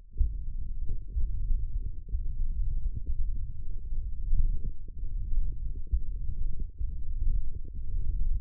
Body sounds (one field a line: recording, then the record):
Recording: forearm muscle sounds (acoustic myography)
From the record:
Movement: tripod grip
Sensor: system 1, eight BSWA MPA416 microphones around the upper forearm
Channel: 6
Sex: male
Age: 21 years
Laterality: right